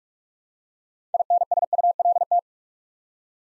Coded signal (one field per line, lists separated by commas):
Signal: Morse code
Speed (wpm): 44 wpm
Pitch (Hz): 700 Hz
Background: none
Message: INSULT